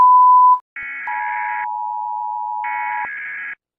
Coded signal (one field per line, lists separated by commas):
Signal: Emergency Alert System (SAME) tones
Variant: 853 and 960 Hz attention tone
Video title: Еас Аларм Мессаге он 1991 (Eas alarm message on 1991/change alarm)